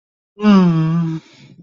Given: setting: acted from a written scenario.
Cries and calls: vocal sound without words; guilt

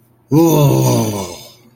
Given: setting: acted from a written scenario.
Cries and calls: vocal sound without words; anger

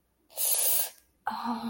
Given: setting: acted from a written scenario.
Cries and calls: vocal sound without words; desire

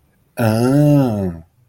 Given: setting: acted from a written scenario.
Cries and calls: vocal sound without words; realization

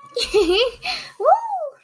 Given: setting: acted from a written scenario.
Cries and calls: vocal sound without words; triumph

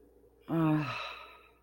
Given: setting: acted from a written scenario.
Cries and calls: vocal sound without words; serenity

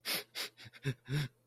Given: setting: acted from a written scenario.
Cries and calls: vocal sound without words; sadness

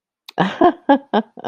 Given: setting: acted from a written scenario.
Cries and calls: vocal sound without words; amusement

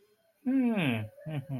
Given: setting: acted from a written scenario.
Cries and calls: vocal sound without words; realization

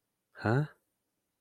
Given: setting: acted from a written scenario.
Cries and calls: vocal sound without words; confusion

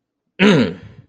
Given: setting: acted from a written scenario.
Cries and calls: vocal sound without words; disappointment

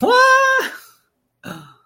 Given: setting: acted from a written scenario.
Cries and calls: vocal sound without words; positive surprise

